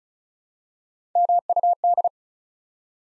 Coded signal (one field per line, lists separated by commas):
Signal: Morse code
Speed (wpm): 36 wpm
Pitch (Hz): 700 Hz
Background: none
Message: MUD